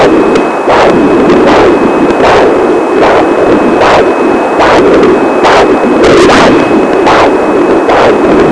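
A baby's heartbeat picked up by a home or handheld doppler: regular whooshing pulses over a steady background hiss.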